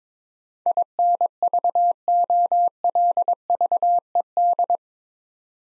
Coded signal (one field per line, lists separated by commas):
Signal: Morse code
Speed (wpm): 22 wpm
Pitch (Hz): 700 Hz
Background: none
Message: INVOLVED